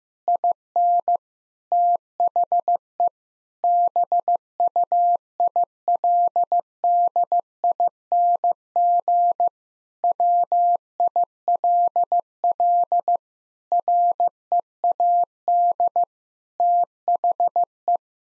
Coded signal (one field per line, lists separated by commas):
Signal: Morse code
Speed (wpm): 15 wpm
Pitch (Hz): 700 Hz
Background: none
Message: IN THE BUILDING WILL READ THE